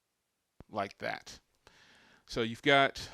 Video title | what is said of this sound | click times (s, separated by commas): THINKWARE - Q800 PRO Dash Cam Unboxing and First impressions! | you go it locks in place like that | 0.6 s